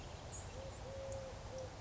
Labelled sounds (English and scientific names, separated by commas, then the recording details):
Eurasian Collared Dove (Streptopelia decaocto)
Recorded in Sonoma County, California